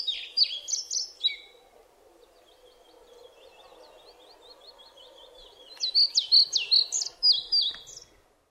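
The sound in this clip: European pied flycatcher singing quick, high, chirpy phrases of sliding notes, with a softer run of even repeated notes in the pause between the two bursts.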